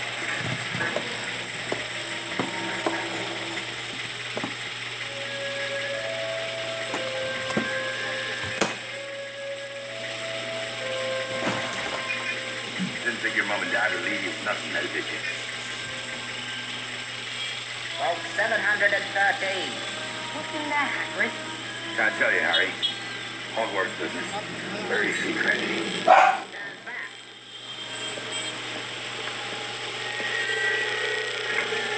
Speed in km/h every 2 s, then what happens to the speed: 0, 0, 0, 0, 0, 0, 0, 0, 0, 0, 0, 0, 0, 0, 4, 7.
0-27 standing. 27-32 pulls away to 7.